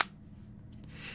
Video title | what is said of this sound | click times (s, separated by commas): Best And Worst Cases For Samsung Galaxy S23 Plus | it easily stows away with a little click | 0.0 s